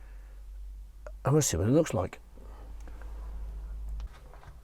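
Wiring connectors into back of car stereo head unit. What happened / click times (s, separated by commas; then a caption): The plug snapped into its socket / 1.1 s. Wiring plugs for the microphone and steering wheel controls are pushed into the back of a Pioneer SPH-EVO 107 DAB car stereo head unit, and a single click at 1.0 s marks the rear connectors popping into place. Someone talks, and a few faint ticks and rustles follow.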